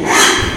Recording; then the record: squeal of a Yucatan mini pig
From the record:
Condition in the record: after surgery on the right vocal fold (resection and tissue-engineered implant); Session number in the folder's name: 4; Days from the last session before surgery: 42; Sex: male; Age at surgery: 12 weeks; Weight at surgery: 13 kg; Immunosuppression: cyclosporine, prednisolone